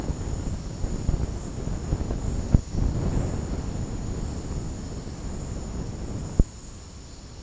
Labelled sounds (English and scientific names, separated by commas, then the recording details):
none
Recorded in secondary vegetation near Puerto Asís, Putumayo, Colombia, on 19 February 2024 at 10:30
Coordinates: 0.489, -76.322
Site G6419